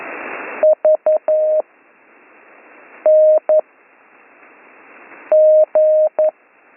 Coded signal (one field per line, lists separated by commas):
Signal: Morse code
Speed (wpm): 11 wpm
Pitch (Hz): 620 Hz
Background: none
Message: V N G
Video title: Slow Morse Code Course - Week 5 - Learn Morse Code